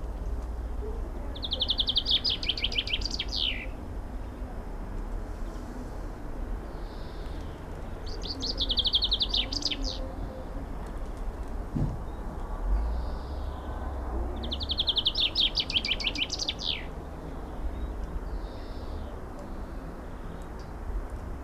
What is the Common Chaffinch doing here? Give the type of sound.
song